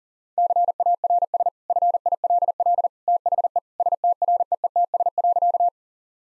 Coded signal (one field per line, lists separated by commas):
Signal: Morse code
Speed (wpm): 40 wpm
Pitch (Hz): 700 Hz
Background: none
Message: CARS FILL THE STREETS.